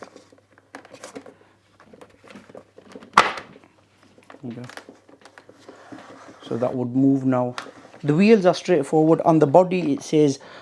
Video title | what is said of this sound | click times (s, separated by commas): Turtle Wax TW135 1800W Pressure Washer Review & Demonstration | just fit the face like so push it in until it clicks | 3.2 s